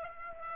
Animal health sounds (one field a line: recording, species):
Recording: mosquito wingbeat signal from an infrared sensor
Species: Aedes aegypti